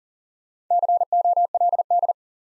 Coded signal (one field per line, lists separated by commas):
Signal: Morse code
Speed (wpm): 39 wpm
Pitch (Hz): 700 Hz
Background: none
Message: COLD